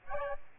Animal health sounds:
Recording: mosquito wingbeat signal from an infrared sensor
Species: Aedes albopictus

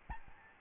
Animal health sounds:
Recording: mosquito wingbeat signal from an infrared sensor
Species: Aedes albopictus

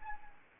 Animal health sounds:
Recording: mosquito wingbeat signal from an infrared sensor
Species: Anopheles arabiensis

